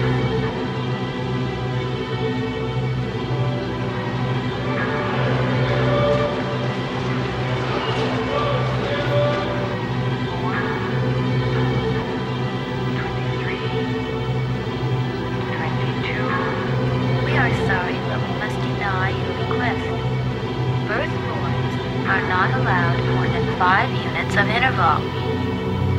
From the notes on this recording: Duomo, Siena, Italy